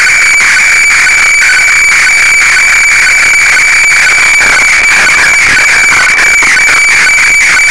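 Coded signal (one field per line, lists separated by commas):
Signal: weather fax (radiofax)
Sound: steady high whine with rhythmic ticking scratchy warble, repeating several times a second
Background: radio static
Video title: IC-PCR1500 KG-FAX Japan Ｗeather FAX 7.7931MHz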